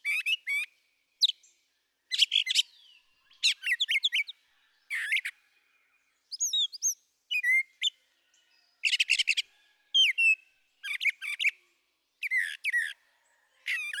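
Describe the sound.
Brown thrasher giving a steady series of varied phrases, harsh chirps and clear slurred whistles, phrases often paired, with short pauses between.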